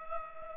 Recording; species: mosquito wingbeat signal from an infrared sensor; Culex pipiens